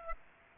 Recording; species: mosquito wingbeat signal from an infrared sensor; Aedes aegypti